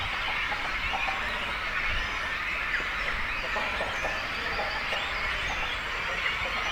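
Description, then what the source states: Cormorants calling together, a continuous babble of throaty croaks and higher squeaks from a crowded colony, evenly loud throughout. Breeding colony of cormorants with chicks, at Zemitz, Germany.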